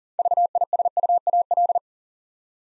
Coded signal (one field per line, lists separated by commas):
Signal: Morse code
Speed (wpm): 39 wpm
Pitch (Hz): 700 Hz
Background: none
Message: VISUAL